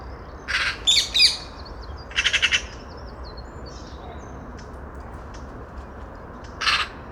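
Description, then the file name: Eurasian magpie giving harsh, rattling chatter in several short bursts early on, then one more near the end. "Pica pica"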